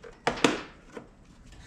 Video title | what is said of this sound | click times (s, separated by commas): Honda Mower Carburetor Clean | at the top this just snaps into place | 0.3 s, 0.4 s